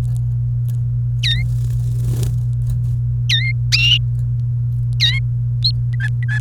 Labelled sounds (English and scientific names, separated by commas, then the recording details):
Domestic Canary (Serinus canaria) song
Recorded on 28 April 2018 at 10:45
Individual llb3